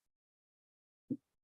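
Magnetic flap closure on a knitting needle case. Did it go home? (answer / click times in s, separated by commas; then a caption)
yes / 1.1 s. The magnetic flap of a knitting needle or hook case is closed, and its magnetic catch snaps shut with a faint, short, low thud at 1.1 s. The flap is seated, and the rest of the clip is silent.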